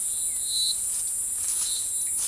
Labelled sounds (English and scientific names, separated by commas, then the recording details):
none
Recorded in forest near Pivijay, Magdalena, Colombia, on 15 April 2023 at 11:00
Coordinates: 10.467, -74.380
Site Z5-G034